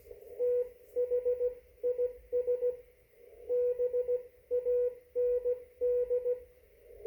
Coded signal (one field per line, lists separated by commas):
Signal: Morse code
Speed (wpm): 16 wpm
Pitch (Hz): 490 Hz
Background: radio noise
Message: THIS BAND